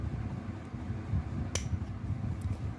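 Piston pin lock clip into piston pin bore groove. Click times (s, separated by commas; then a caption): 1.6 s. A metal circlip (lock clip) that retains the piston pin is pressed into its groove in the piston pin bore while a piston is fitted on a Bajaj Pulsar 150 motorcycle engine. Over a low, steady hum, one sharp, loud metallic snap at 1.6 s is followed by a much fainter tick at 2.4 s. The clip snaps into the groove and is seated at 1.6 s.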